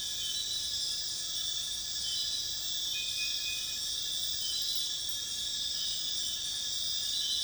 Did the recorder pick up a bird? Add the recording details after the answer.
no. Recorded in dense forest near Puerto Asís, Putumayo, Colombia, on 21 February 2024 at 01:00. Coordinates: 0.502, -76.324. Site G6370